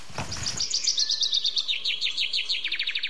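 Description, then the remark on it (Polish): A common chaffinch sings a quick run of bright, high chirping notes that repeat steadily and drop slightly in pitch toward the end, preceded by a brief low rustling burst. “Jest to, proszę Państwa, opowieść o ziębach.”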